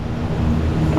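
Wiring harness plastic electrical connectors are being handled in an engine bay during reassembly, about to be pushed into their sockets. There is a steady low, rumbling background with no distinct sharp sound, and no one talks. Nothing has seated or clicked yet.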